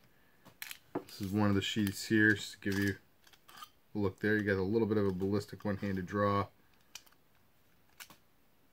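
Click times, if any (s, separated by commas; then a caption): 7.0 s. A knife blade is pushed into a molded Kydex plastic sheath and snaps into its retention point with a sharp click at 7.0 s, seating even though the knife has little contour to work with. Earlier, someone talks over a few light clicks and handling sounds, and the clip ends quiet apart from a faint tick near 8 s.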